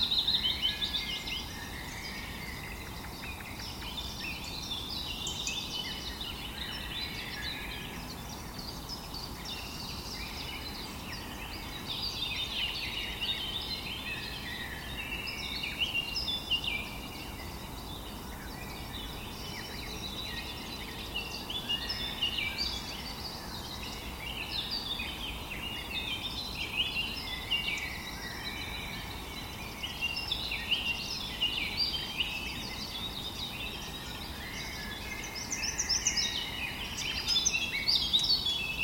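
Birds chirp in a forest, a dense, overlapping chorus of high, bright calls that runs without pause for the whole recording. The chatter swells a little near the start and again toward the end. Underneath sits a soft, steady outdoor hush with a faint low rumble.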